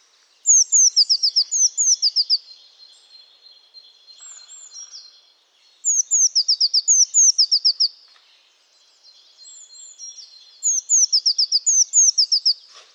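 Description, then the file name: Eurasian blue tit giving short bursts of high sliding and descending notes, repeated about every five seconds; faint chatter between bursts. "Cyanistes caeruleus"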